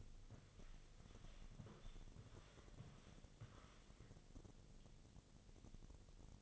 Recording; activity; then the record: daily activity, microphone in the room; walk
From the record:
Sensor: 4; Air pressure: 1001.3 hPa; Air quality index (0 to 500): 177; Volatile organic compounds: 2 ppm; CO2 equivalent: 1269 ppm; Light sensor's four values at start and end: 15/34/14/14 and 15/34/14/14